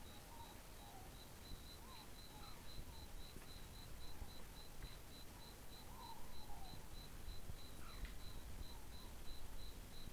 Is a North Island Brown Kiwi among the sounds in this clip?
no